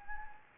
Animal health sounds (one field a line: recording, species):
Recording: mosquito wingbeat signal from an infrared sensor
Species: Anopheles gambiae